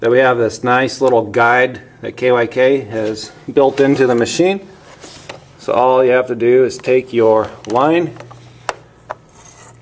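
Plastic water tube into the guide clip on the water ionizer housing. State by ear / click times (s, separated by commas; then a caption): seated / 8.7 s, 9.1 s. A plastic water tube is pressed into the guide clip built into the housing of an EOS Genesis water ionizer. Someone talks for most of the clip, then two sharp clicks at 8.7 s and 9.1 s mark the tube snapping into the clip, where it holds in place.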